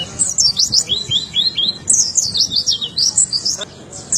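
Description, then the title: White-eye singing fast bursts of thin, high, slurred chirps, separated by brief pauses. "Pleci"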